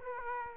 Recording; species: mosquito wingbeat signal from an infrared sensor; Aedes aegypti